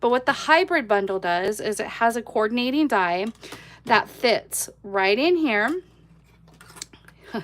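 A thin metal coordinating die from a hybrid bundle is being placed into a plastic embossing folder while someone talks. After the talking, a few soft ticks and taps of handling are heard. The die has not clicked into place yet.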